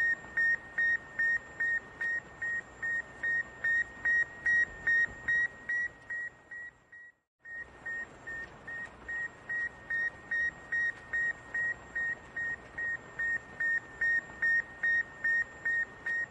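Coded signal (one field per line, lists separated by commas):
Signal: radiosonde or satellite telemetry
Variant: Sputnik 1 beacon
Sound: steady rapid high beeps, about two per second, with a faint tone between, over hiss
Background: radio static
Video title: Satellite Beep Sputnik sound effects Free Download YouTube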